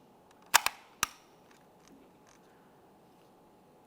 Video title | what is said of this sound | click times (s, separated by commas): How to Replace Drivers Window Switch 2014-2018 Mazda 3 | and then press them together, listening for audible clicks from each. | 0.6 s, 0.7 s, 1.0 s